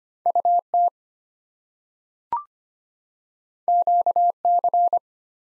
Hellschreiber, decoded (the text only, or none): none